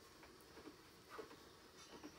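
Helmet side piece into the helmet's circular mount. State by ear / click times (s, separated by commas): not seated / none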